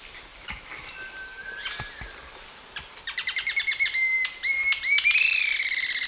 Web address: Natures Songs S America Eastern Lowlands. Galbula tombacea, calls and song